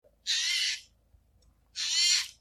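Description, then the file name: Eurasian jay giving two harsh, rasping screeches about a second and a half apart, each broad and noisy, with only a faint low hum between them. "Garrulus glandarius"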